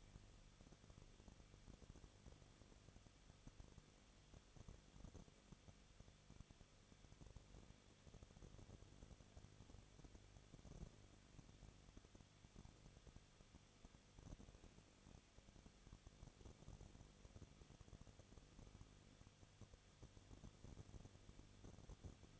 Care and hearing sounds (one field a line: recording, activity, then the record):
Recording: daily activity, microphone in the room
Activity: no activity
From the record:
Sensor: 4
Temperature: 23.1 degrees Celsius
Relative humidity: 34.1%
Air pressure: 1007.2 hPa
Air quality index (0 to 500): 216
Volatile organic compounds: 15 ppm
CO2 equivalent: 2494 ppm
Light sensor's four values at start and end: 2/3/1/1 and 2/3/1/1